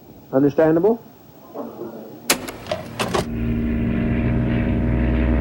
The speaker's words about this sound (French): Le 17 novembre, en début d'après-midi, un petit avion décolle de Georgetown pour Port Kaituma, à 2 heures de vol de la capitale guyanaise.